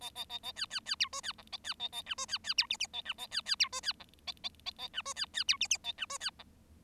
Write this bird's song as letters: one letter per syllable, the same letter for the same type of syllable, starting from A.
A A A A B B B C D B E A B A A F D B B C G G A F A B B C D B E A A A A F D B B C G G A F D B E